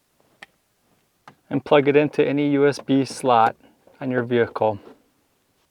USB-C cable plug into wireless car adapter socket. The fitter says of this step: it's going to just plug this end in so you hear a little click